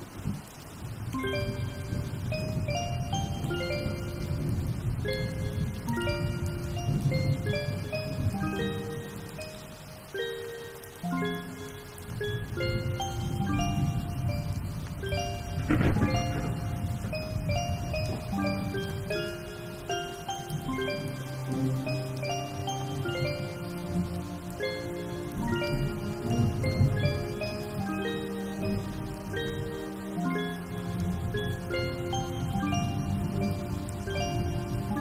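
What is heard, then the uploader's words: Rain falls steadily beneath a soundtrack of sustained, ringing tones that shift and overlap, chime-like notes layered over a deep, rumbling low end. The level stays fairly even throughout, dipping briefly around ten seconds before the dense wash of tones and rain resumes. Original sound tracks with rain.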